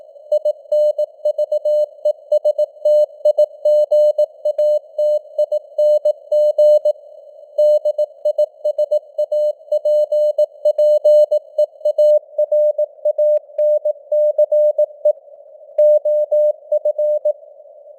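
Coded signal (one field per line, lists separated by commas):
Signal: Morse code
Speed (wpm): 18 wpm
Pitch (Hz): 600 Hz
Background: none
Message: INVESTIGATING DISAPPEARANCE OF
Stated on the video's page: News headlines sent in Morse with simulated radio noise and varying signal strength (QSB), an experiment.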